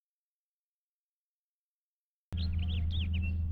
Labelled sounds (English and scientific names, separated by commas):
House Finch (Haemorhous mexicanus) song